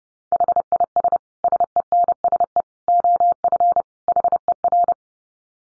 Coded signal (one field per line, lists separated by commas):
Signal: Morse code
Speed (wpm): 30 wpm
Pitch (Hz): 700 Hz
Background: none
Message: HIS SENSE OF HER